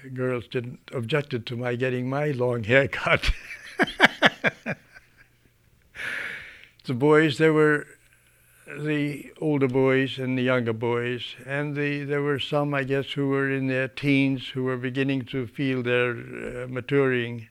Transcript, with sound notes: girls didn't, objected to my getting my long hair cut. (he laughs) The boys, there were, the older boys and the younger boys and there were some, I guess, who were in their teens who were beginning to feel their maturing.